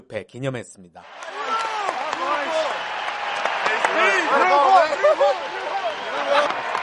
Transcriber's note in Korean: 녹취: 에인절스-매리너스 관중 기립박수 소리